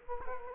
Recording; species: mosquito wingbeat signal from an infrared sensor; Culex quinquefasciatus